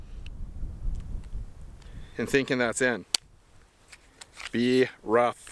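A pistol magazine is handled at the magazine well of the pistol, with a few faint, brief taps over low background rumble while someone talks. Nothing has seated or clicked yet; the clip ends just before the magazine goes home.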